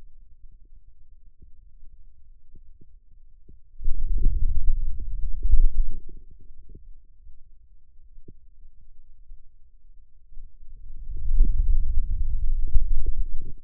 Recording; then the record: forearm muscle sounds (acoustic myography)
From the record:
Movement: wrist extension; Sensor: system 2, bracelet of six BSWA MPA416 microphones around the upper forearm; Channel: 1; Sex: male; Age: 22 years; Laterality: right